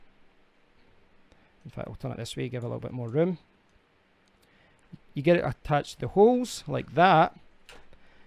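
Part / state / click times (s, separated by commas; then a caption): CPU cooler push pins into motherboard mounting holes / seated / 7.7 s. A CPU cooler's plastic push pins are lined up with the motherboard mounting holes and pressed down so they click into place. Someone talks through most of the clip. A sharp click is heard at 7.7 s as a pin seats.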